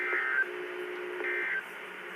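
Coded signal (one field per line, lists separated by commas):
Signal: Emergency Alert System (SAME) tones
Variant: end-of-message bursts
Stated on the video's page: Siren activation tones heard on a scanner; Saint Louis County sirens are automatically activated via POCSAG from RapidWarn, with zoned activation.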